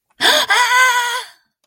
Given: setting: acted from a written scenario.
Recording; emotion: vocal sound without words; fear